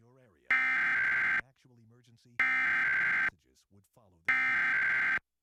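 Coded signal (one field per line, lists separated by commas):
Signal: Emergency Alert System (SAME) tones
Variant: header bursts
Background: speech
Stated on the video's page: Florida Required Monthly Test relayed by several Miami-area TV stations.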